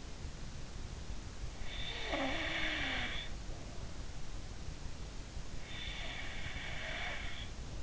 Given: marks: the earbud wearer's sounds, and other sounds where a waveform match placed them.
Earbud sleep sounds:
sounds in sleep by an in-ear microphone; snoring breath
1.57-3.97 s: snoring breath
5.87-7.46 s: snoring breath

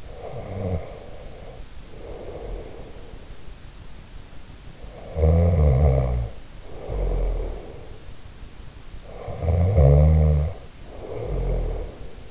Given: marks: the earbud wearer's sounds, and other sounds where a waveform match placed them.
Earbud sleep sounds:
sounds in sleep by an in-ear microphone; snoring breath
0.00-3.17 s: snoring breath
4.86-8.00 s: snoring breath
9.06-12.31 s: snoring breath

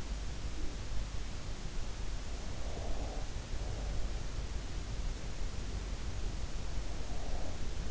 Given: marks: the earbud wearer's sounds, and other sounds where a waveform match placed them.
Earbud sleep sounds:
sounds in sleep by an in-ear microphone; breath
2.63-4.10 s: breath

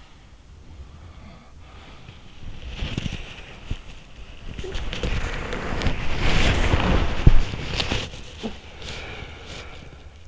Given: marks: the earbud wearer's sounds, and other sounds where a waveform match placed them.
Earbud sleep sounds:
sounds in sleep by an in-ear microphone; body movement, talking in sleep
0.00-10.28 s: body movement
0.52-2.55 s: sound from someone else or the room
4.56-4.93 s: talking in sleep
8.34-8.65 s: talking in sleep

